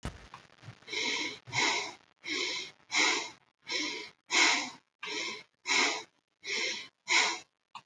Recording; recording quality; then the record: shallow breathing; excellent, no background noise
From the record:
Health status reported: COVID-19 positive, no symptoms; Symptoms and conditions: loss of smell and taste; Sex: female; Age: 33 years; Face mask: not worn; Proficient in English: yes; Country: India